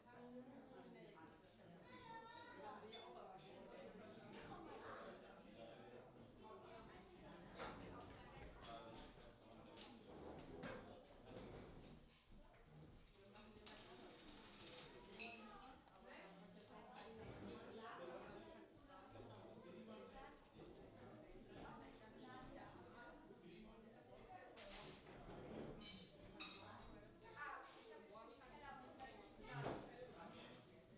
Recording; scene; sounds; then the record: everyday scene through a hearing-aid microphone; many people talking; many voices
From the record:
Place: parish hall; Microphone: in the ear canal, left